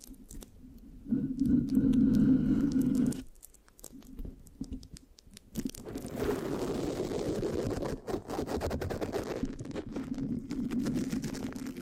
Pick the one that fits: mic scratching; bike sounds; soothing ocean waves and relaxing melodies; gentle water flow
mic scratching